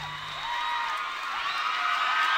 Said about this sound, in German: Mandelas Wagen bahnt sich am Nachmittag des 11. Februar 1990 nur mit Mühe einen Weg durch die jubelnden Massen.